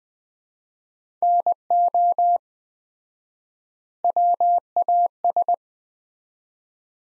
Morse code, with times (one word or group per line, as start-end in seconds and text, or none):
1.2-2.4 NO
4.0-5.5 WAS